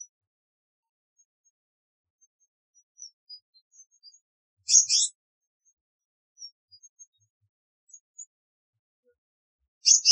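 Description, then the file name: Black-naped monarch giving two brief harsh, high buzzy calls about five seconds apart, with faint tiny ticks between them in otherwise near silence. Subspecies styani; recorded 21 February 2020 at 09:19 in the morning, Indian Standard Time. "Black-naped Monarch Hypothymis azurea styani 21 Feb 2020 09 19 AM IST"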